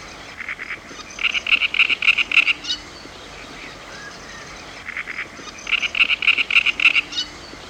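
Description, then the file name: Great reed warbler song: two phrases of harsh, rhythmic, croaking notes, each lasting about two seconds, with a quiet gap between them and low background hiss. "Grote karekiet - Sound Cloud - Beeld en Geluid"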